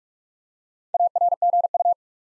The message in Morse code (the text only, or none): ARGU